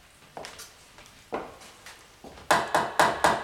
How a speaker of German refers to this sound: Warum klopfen Sie?